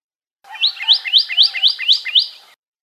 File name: suara kicauan burung pyrrhuloxia. omkicau